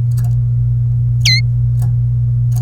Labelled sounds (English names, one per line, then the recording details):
Domestic Canary song
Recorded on 27 April 2018 at 08:33
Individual llb3